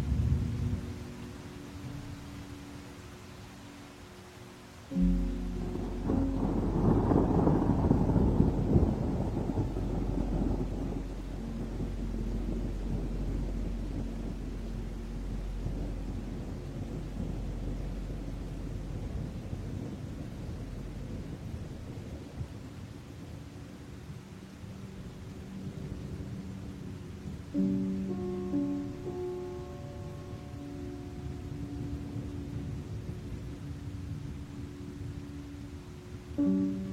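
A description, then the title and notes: Music with storm sounds: held, droning chords play throughout, shifting to new notes near five seconds and again around twenty-seven seconds. A deep roll of thunder breaks in at about five seconds, swells for several seconds, then slowly fades into a low rumble under the music. Music with the sounds of storms. Music with THUNDER.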